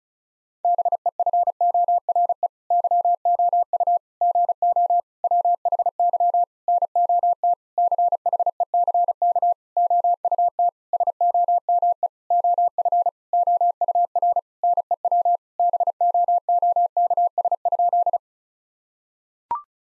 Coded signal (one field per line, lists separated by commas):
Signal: Morse code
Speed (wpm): 36 wpm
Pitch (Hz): 700 Hz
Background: none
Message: BEFORE YOU GO WHY NOT CHECK OUT SOME OF OUR NEW BOOKS?